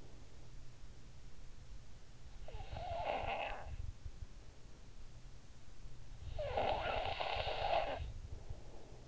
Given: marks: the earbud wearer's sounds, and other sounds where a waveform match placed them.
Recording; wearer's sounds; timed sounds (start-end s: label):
sounds in sleep by an in-ear microphone; snoring breath
2.11-4.20 s: snoring breath
5.86-9.08 s: snoring breath